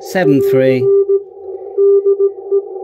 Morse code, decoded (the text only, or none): <AR> DE